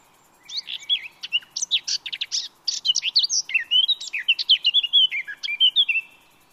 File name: Sylvia atricapilla